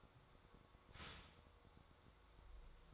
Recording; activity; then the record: daily activity, microphone in the room; start toaster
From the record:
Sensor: 3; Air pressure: 1004.2 hPa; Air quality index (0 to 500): 200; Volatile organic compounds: 15 ppm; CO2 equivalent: 2509 ppm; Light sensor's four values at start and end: 4/11/4/4 and 4/11/4/4